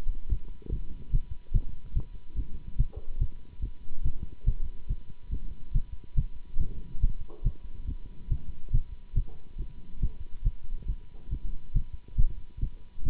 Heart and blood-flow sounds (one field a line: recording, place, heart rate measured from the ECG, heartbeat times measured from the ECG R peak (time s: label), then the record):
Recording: heart sounds by stethoscope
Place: between the tricuspid and mitral areas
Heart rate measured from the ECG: 141 bpm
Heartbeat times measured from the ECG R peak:
0.30 s: heartbeat
0.71 s: heartbeat
1.12 s: heartbeat
1.53 s: heartbeat
1.95 s: heartbeat
2.36 s: heartbeat
2.78 s: heartbeat
3.19 s: heartbeat
3.61 s: heartbeat
4.03 s: heartbeat
4.46 s: heartbeat
4.88 s: heartbeat
5.31 s: heartbeat
5.73 s: heartbeat
6.16 s: heartbeat
6.59 s: heartbeat
7.01 s: heartbeat
7.44 s: heartbeat
7.87 s: heartbeat
8.29 s: heartbeat
8.72 s: heartbeat
9.15 s: heartbeat
9.58 s: heartbeat
10.01 s: heartbeat
10.44 s: heartbeat
10.87 s: heartbeat
11.30 s: heartbeat
11.74 s: heartbeat
12.17 s: heartbeat
12.61 s: heartbeat
13.04 s: heartbeat
From the record:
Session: Bruce protocol treadmill stress test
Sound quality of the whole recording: good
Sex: male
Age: 24 years